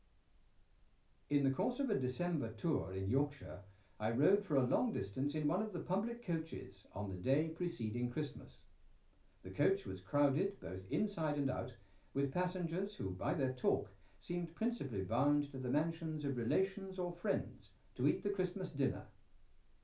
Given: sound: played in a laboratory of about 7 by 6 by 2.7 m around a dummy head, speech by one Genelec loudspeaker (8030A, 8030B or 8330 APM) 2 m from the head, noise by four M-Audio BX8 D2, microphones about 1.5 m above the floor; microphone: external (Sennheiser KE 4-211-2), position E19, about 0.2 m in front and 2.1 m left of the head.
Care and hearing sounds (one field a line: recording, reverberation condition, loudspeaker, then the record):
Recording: male speech in English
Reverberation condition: low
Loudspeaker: 30 degrees to the left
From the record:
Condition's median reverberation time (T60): about 310 ms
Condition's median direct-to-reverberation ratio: about 3.5 dB